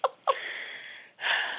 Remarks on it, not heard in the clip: I sound like I've had an asthma attack. You sound super like bunged up and wheezy.